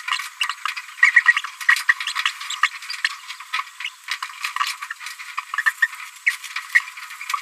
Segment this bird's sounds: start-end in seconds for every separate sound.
0.15-0.18, 0.49-0.54, 0.65-0.68, 1.02-1.12, 1.15-1.22, 1.25-1.32, 2.06-2.13, 2.19-2.22, 2.25-2.31, 2.50-2.55, 2.63-2.68, 3.04-3.08, 3.84-3.89, 4.24-4.27, 4.63-4.65, 5.58-5.62, 5.66-5.71, 5.82-5.87, 6.26-6.31, 6.75-6.79